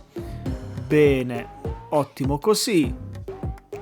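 A detachable arm of a die-cast and plastic collectible robot figure, the Bandai Soul of Chogokin GX-76SP Grendizer D.C. Anime Color, is handled as it is about to be reattached to the torso's shoulder joint. Someone talks over background music, with brief handling noises. The arm has not yet seated or clicked into the shoulder.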